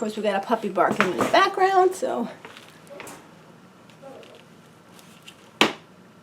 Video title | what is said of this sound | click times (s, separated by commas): Changing pee pad tray | okay you want to make sure that's clicked and what I usually do is lift it up | 5.6 s